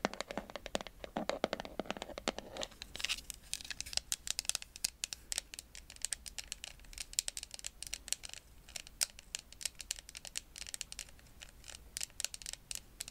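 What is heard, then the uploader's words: ASMR tapping made of rapid, crisp, irregular taps and clicks with a bright, papery edge. During the first three seconds a fuller crinkling rustle runs under the taps. After that the sharp clicks carry on alone, quick and uneven, to the end. ASMR Tapping For Tingles And Sleep.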